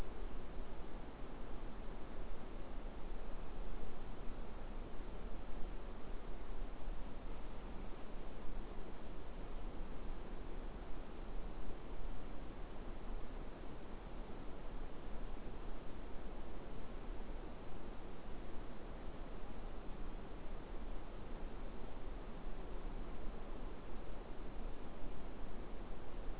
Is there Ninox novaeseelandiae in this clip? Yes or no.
no